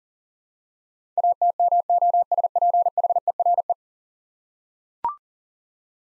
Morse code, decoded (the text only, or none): ATMOSPHERE